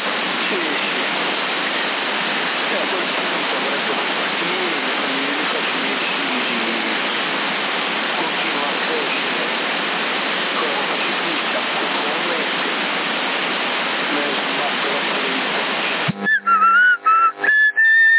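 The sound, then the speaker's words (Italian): A short jingle: a long, steady rushing hiss like running water gives way at the end to a brief whistled phrase of a few bright, wavering high notes. “Non hai sentito lo stacchetto col fischio?”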